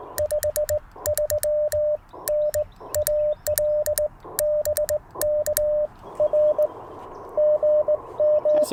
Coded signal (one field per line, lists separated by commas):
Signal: Morse code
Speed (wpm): 21 wpm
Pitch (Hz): 600 Hz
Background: radio noise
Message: 53N AL BK R GM